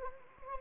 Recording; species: mosquito wingbeat signal from an infrared sensor; Anopheles arabiensis